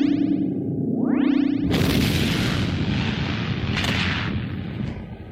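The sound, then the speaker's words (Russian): A rising, whining hum builds for a second or two, then a violent booming impact from a backlash strike erupts into a long, loud roar of crashing, rumbling debris as a structure sways and collapses, with a second burst midway before it slowly fades. “Обратный удар был ужасен. Сооружение качнулось и рухнул.”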